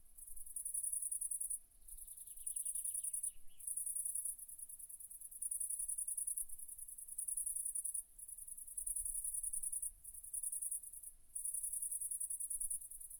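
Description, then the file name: Crickets chirping in long, very high, shimmering bursts separated by short gaps, with a brief descending series of bird notes near the start. Crickets and birds at night in a cedar forest. "Crickets Birds At Night 1 Cedars Forest Grillons Oiseaux La Nuit"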